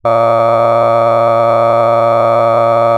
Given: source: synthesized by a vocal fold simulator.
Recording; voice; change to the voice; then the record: sustained vowel; male; cycle-to-cycle stiffness perturbation (roughness), level 8 of 10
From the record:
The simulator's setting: 4.90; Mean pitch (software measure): 115 Hz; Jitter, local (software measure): 2.23%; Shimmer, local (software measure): 8.3%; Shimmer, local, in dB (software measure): 0.71 dB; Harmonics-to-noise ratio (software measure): 12.6 dB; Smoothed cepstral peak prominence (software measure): 18.0 dB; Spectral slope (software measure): -16.9 dB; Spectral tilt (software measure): -12.0 dB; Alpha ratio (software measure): -7.3 dB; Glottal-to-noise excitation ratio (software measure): 0.993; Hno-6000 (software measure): 2.4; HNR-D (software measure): 21.8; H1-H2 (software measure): 5.1 dB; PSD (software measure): 1.6e-04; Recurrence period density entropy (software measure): 0.104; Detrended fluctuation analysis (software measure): 0.0554